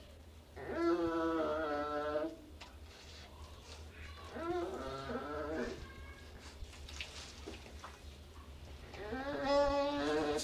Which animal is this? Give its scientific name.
Pusa sibirica